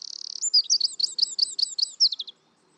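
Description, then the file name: Eurasian wren song fragment: a brief dry trill followed by a quick series of high, bouncing notes that end after about two seconds. "Troglodytes troglodytes"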